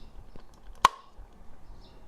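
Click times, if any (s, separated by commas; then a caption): 0.8 s. A Vicseed rechargeable table lamp body is set onto its magnetic charging base and twisted into place. A single sharp click is heard at 0.8 seconds over a quiet background, and the lamp seats on the base.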